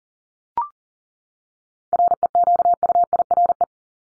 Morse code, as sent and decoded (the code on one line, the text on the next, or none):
.-. . --.- ..- .. .-. .
REQUIRE